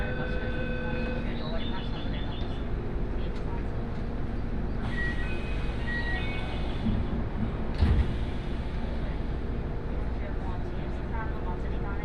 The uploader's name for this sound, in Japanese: 鉄道旅 あおなみ線・東山線 金城ふ頭→荒子・高畑→名古屋